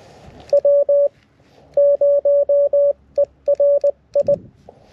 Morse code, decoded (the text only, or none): W0ERI